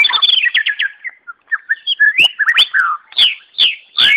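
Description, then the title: White-rumped shama song: quick descending whistled notes, then sharp downslurred whistles with clicks, repeated at a brisk, uneven pace. Natural song in forest. "Kicau Asli Murai Batu Hutan"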